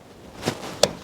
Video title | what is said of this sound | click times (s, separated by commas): Step-by-Step Awning Install to Transform Your RV!🚗 | bring that around and that clips on | 0.8 s